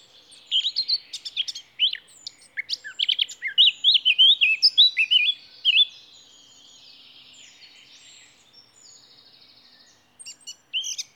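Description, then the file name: Eurasian blackcap song: a rich run of varied warbled and fluting notes with looping whistles, a pause, and a brief further burst near the end. "Sylvia atricapilla"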